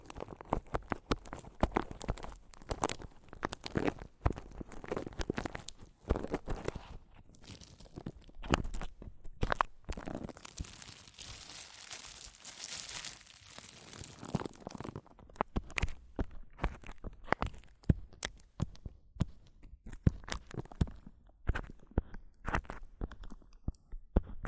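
Dense, irregular tapping and scratching on a microphone, with sharp clicks throughout and a longer, hissier scratching stretch from about ten to fifteen seconds.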